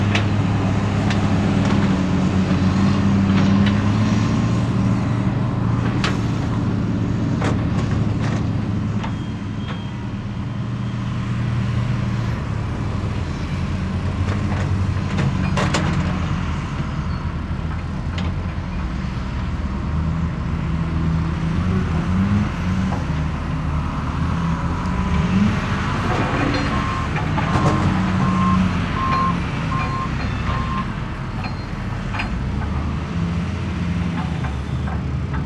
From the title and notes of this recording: Sounds of the Construction Site.